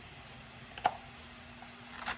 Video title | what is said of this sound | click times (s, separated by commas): Mercedes C32 AMG W203 Proper Oil Change Process- Detailed! | it clicks into place and again you'll notice that it's up to this | 0.8 s, 0.9 s